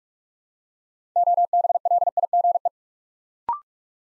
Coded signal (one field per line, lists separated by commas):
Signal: Morse code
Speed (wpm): 46 wpm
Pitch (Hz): 700 Hz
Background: none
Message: OBLIGE